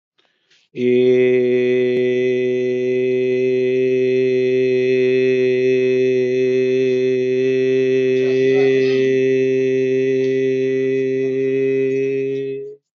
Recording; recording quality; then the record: sustained vowel as in made; excellent, no background noise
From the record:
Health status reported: healthy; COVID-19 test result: not tested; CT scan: not taken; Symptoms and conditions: none ticked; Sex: male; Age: 32 years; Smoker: no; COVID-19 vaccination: both doses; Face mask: not worn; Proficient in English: yes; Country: India